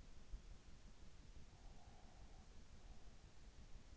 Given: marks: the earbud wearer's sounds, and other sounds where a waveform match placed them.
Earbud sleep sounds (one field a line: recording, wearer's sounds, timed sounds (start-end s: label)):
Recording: sounds in sleep by an in-ear microphone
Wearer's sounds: breath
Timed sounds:
1.43-3.10 s: breath